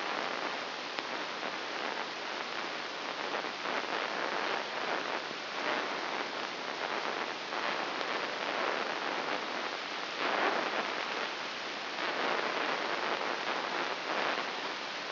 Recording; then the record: brain microelectrode recording played as sound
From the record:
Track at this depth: inside the subthalamic nucleus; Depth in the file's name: 3.004 mm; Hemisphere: right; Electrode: 3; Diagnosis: Parkinson's disease